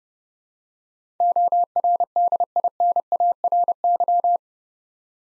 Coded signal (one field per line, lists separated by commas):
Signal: Morse code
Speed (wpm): 30 wpm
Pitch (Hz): 700 Hz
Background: none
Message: ORDINARY